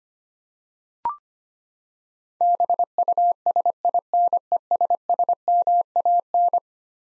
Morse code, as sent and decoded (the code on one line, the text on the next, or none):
-... ..- ... .. -. . ... ... -- .- -.
BUSINESSMAN